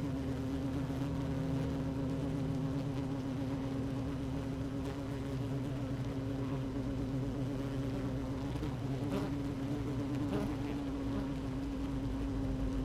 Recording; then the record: honeybee colony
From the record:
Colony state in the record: active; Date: 12 June 2018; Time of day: 15:14